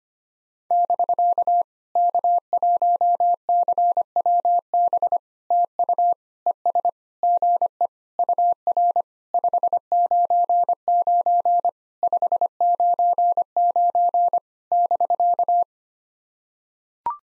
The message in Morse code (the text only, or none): <BK> K1CWB TU ES GE UR 599 599 <BK>